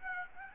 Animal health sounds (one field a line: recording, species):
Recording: mosquito wingbeat signal from an infrared sensor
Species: Aedes aegypti